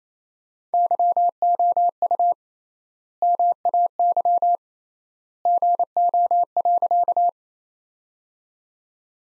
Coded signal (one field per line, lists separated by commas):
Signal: Morse code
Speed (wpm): 28 wpm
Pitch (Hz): 700 Hz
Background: none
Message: YOU MAY GO.